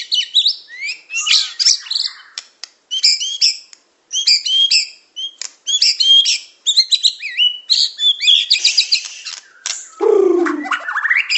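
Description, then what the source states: Bird song: dense, rapid high chirps and twittering phrases with short pauses, ending in a falling buzzy burst that slides lower before rising again. Masteran training recording, a complete compilation of bird song.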